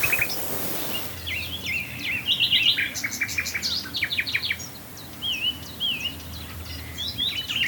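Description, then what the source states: Common nightingale song of swooping whistles and bursts of quick staccato notes, several phrases in turn with short pauses, a faint hiss at the start. Swale.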